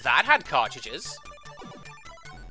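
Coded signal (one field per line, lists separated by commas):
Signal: none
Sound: game console sound effects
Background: speech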